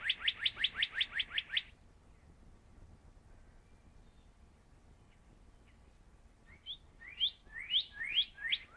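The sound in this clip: Northern cardinal song: a quick burst of rapid downslurred whistles, a long quiet pause, then slower rising slurred phrases repeated several times.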